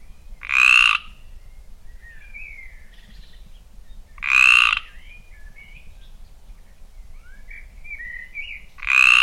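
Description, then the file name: Mediterranean tree frog calling: a loud, harsh, drawn-out croak repeated about every four seconds, with soft bird chirps and warbles between the croaks. Song recorded in the Limousin region. "RAINETTE-Méridionale Chant Limousin-BRUITX"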